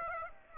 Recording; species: mosquito wingbeat signal from an infrared sensor; Aedes aegypti